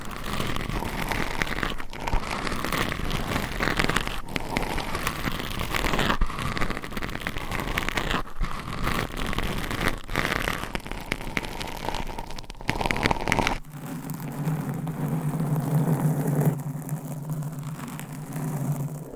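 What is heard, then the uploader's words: Mic scratching fills the first thirteen seconds with dense, crackly rubbing and brief dropouts around two, eight and twelve seconds. Near fourteen seconds the texture changes abruptly to a lower, duller rumble with a steady hum underneath, quieter and smoother until the end. Mic Scratching Edition! ASMR No Talking.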